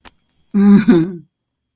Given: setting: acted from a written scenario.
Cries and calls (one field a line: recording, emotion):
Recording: vocal sound without words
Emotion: pride